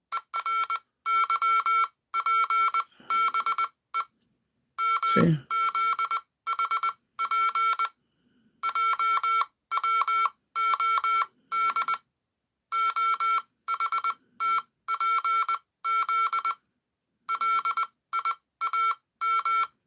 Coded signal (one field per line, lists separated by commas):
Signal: Morse code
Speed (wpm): 20 wpm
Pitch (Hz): 1350 Hz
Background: none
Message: ERYPBE MZHP JWOD OHTPZ LIAM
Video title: Danny Radio and Tech Live Stream - Dr. Sky Show on 770 AM WABC 5/16/2026